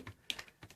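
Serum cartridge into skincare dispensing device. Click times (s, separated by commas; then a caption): 0.3 s. A serum cartridge is inserted into a Nu Skin ageLOC Me skincare dispensing device and snaps into place with a sharp click at 0.3 seconds, confirming it is seated. Several fainter clicks and taps surround it, with no talking heard.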